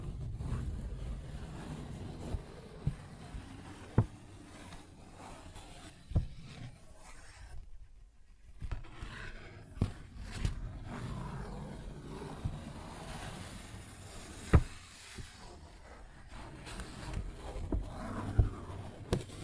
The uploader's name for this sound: Paper Bag Tapping and Scratching Sounds